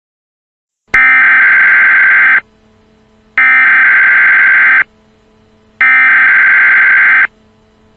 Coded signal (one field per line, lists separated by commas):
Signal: Emergency Alert System (SAME) tones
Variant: header bursts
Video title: EAS Scenario: Barney Error FULL SERIES (Reupload & Read Description)